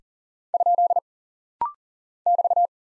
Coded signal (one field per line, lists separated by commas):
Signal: Morse code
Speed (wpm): 40 wpm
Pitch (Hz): 700 Hz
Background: none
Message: ? <BT>